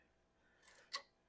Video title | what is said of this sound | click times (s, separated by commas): The Best E-MTB of 2024 - Intense Tazer MX Pro Carbon - Unboxing and Complete Overview | and there's one click and we double check two clicks done | 1.0 s